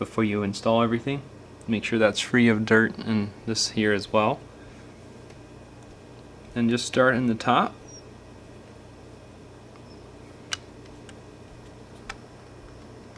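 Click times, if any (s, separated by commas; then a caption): 10.5 s, 12.1 s. Someone talks while the plastic midframe or back housing of a Galaxy Note 3 phone is pressed onto the phone body, starting at the top. Its clips make short, sharp ticks as they snap into place at about 10.5 and 12.1 seconds. The housing is seated.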